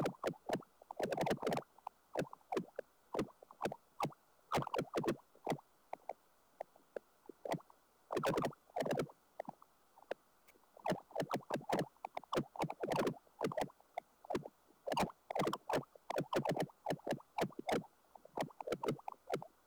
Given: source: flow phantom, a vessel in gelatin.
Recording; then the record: Doppler ultrasound of air bubbles in flowing water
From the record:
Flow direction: towards the transducer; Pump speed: 200 rpm (720 mL/min); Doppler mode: pulsed wave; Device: 7 MHz transducer